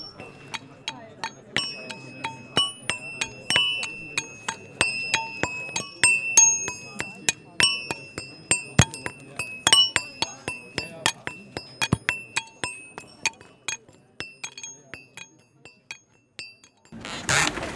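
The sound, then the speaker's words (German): Hammers are knocked to be played musically, tapping out a quick, uneven rhythm of bright metallic clinks, each strike ringing with high pitched tones. Low murmuring voices sit underneath, and a short burst of noise ends it. “Und das Ganze kann sich ja auch ein bisschen musikalischer anhören, als nur ein dumpfes Klopfen.”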